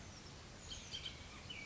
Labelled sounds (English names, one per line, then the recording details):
Bullock's Oriole
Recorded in Sonoma County, California